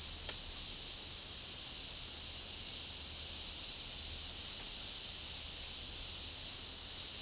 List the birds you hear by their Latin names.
none